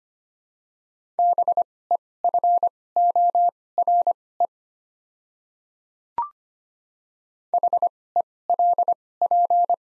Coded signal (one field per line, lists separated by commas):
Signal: Morse code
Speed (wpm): 25 wpm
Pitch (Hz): 700 Hz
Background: none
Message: BEFORE HELP